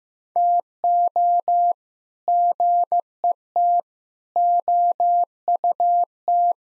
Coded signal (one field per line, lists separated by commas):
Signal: Morse code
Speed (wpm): 15 wpm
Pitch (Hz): 700 Hz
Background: none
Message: TO GET OUT